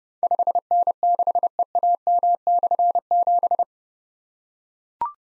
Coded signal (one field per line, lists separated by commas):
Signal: Morse code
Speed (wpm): 30 wpm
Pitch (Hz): 700 Hz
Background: none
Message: 5N6EAM/7